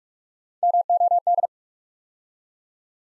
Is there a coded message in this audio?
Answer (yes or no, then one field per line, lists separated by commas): yes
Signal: Morse code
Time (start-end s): 0.6-1.5 s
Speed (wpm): 44 wpm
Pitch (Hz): 700 Hz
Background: none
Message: MOD